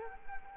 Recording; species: mosquito wingbeat signal from an infrared sensor; Culex quinquefasciatus